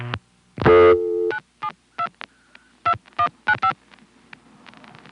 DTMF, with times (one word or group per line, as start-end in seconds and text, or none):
1.3-2.1 972
2.9-3.7 2195